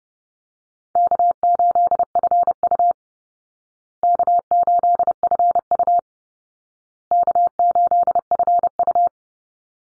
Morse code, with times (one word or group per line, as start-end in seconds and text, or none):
1.0-2.9 K8FU
4.0-6.0 K8FU
7.1-9.1 K8FU